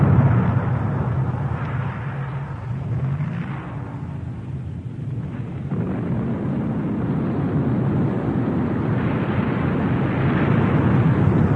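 Thunder rumbles steadily for about twelve seconds, a loud, deep roar that swells and eases a little midway, then builds again toward the end, with no voices.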